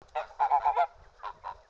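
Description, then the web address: Goose honking: a quick run of five nasal honks, then two more spaced honks after a short pause, each loud and slightly harsh. "Daddy Chronic soundarchiv entry 15 goose"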